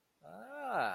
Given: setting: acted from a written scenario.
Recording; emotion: vocal sound without words; interest